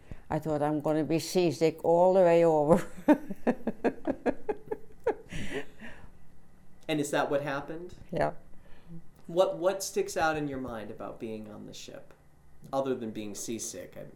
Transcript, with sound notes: I thought I'm going to be seasick all the way over. (she laughs)
And is that what happened?
Yeah.
What, what sticks out in your mind about being on the ship, other than being seasick I mean?